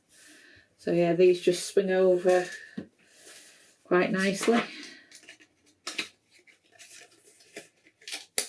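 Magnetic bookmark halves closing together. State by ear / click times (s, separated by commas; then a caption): seated / 8.4 s. Someone talks while folding the back of a magnetic bookmark over its front, with soft handling sounds. The two magnetic halves snap together with a sharp click at 8.4 s, and the bookmark is shut.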